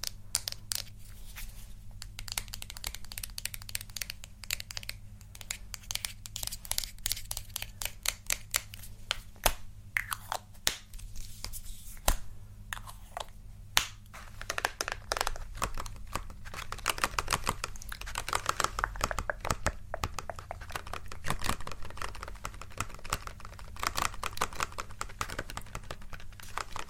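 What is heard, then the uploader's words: Makeup triggers: a dense run of quick crisp taps, clicks and crinkly rustles, irregular but nearly continuous for the whole clip. Sharper knocks stand out around 10, 12 and 14 seconds, over a low steady hum underneath. ASMR Makeup Triggers.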